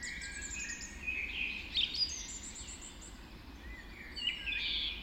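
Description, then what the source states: Dawn chorus: several birds singing at once, high whistled phrases and chirps over a soft background hiss. Dawn chorus recorded just after dawn in the Forest of Dean.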